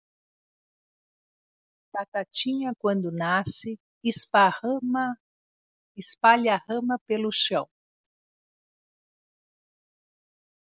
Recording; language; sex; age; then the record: short text; Brazilian Portuguese; female; 50 to 59 years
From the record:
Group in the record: control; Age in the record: 54 years